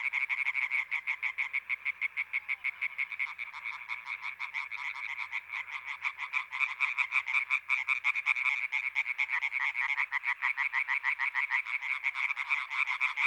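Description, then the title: European tree frog chorus: dense, rasping croaks repeated rapidly, several frogs overlapping into a continuous pulsing din with a faint low hum beneath. Many European tree frogs calling intensely at the Etang des Marguilliers pond in Sologne, France, 21 May 1993, an hour after nightfall. "Choeur de rainettes en Sologne"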